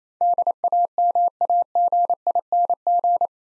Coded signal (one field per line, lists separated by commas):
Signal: Morse code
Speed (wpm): 27 wpm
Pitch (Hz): 700 Hz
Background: none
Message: DAMAGING